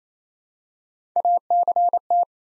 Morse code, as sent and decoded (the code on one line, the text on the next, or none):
.- -.-. -
ACT